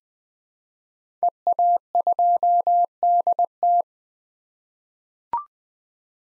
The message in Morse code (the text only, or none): EA2DT